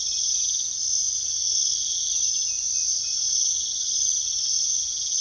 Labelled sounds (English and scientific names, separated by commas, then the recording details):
none
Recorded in secondary vegetation near Puerto Asís, Putumayo, Colombia, on 21 February 2024 at 03:30
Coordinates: 0.500, -76.326
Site G6428